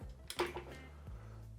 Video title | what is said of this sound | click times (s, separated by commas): EZOTRON E200 - Un Kugoo Kirin G2 MAX Full Option 🛴 - Unboxing & Review | si acum s-a fixat hai s-o strangem de dragul | 0.3 s